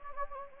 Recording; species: mosquito wingbeat signal from an infrared sensor; Anopheles gambiae